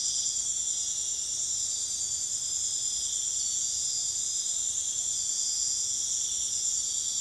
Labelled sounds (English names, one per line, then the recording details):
none
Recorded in dense forest near Puerto Asís, Putumayo, Colombia, on 21 February 2024 at 02:30
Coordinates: 0.505, -76.324
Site G6467